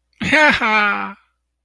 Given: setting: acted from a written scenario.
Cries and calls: vocal sound without words; elation

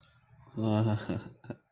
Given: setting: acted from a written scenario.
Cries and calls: vocal sound without words; romantic love

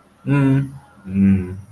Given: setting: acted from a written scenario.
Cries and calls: vocal sound without words; disappointment

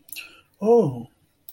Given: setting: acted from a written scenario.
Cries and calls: vocal sound without words; disappointment

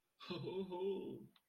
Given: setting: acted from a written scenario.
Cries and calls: vocal sound without words; positive surprise

